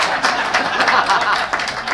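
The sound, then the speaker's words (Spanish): A crowd applauds as a vote for the pairing 'sex and chastity' in a game, with dense overlapping claps forming a continuous bright crackle that holds at a fairly even loudness for the full two seconds, without any clear speech. “Aplauso por el sexo y la castidad.”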